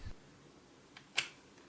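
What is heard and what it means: A second Corsair Vengeance DDR3 SO-DIMM memory module (204-pin, from a 16GB 2x8GB kit) is pushed down into the upper laptop memory slot, on top of the first, and snaps into the retaining clips with a sharp click at 1.2 s. A fainter tick comes just before at 1.0 s, and a soft knock is heard at the very start. The module is seated, with both modules in place.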